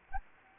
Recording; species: mosquito wingbeat signal from an infrared sensor; Anopheles gambiae